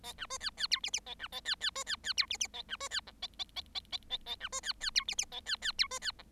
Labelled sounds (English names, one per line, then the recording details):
Bengalese Finch song
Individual Bird7